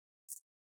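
A guitar pick is worked about 1 to 2 millimeters in between the side covers of a Lenovo ThinkPad P16s Gen 1 laptop to lift its plastic bottom cover. A single short, fairly quiet, high-pitched click sounds at 0.3 s as the bottom cover clip pops loose and the hooks along the side are released.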